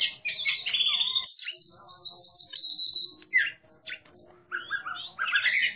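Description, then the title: Oriental magpie-robin song in separate bursts: a rich warbled phrase, a quiet pause, then more sharp whistles and chattering runs returning toward the end. Competition singing bird, national champion, singing actively in the clear ngeplong song style. "burung berkicau Kacer Ngeplong gacor Juara Nasional. burung Kacer"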